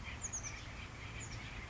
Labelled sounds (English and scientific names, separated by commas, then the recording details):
Oak Titmouse (Baeolophus inornatus)
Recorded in Sonoma County, California